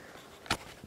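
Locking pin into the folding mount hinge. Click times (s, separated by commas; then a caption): 0.5 s. A metal locking pin is twisted back into the hinge of a raised folding LiveScope mount (Cornfield Gear) on a bass boat. A faint tick comes just before a short, sharp click at 0.5 s as the pin seats, locking the mount in place.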